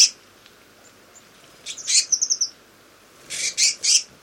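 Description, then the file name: Eurasian blue tit giving short buzzy scolding bursts with a few thin high notes between them, separated by quiet gaps. "Cyanistes caeruleus"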